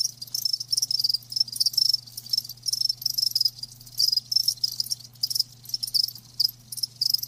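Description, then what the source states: Cricket chirps in quick shrill pulses, the trilling swelling and dipping; a soft low drone runs throughout. Live crickets chirping.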